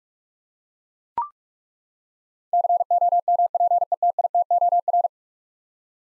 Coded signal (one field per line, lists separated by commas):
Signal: Morse code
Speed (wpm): 42 wpm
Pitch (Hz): 700 Hz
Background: none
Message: COMPETITOR